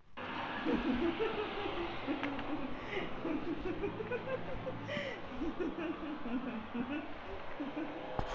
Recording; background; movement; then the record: laughter; traffic; walking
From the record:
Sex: female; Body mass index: 36.4 kg/m2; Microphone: on the chest, facing outward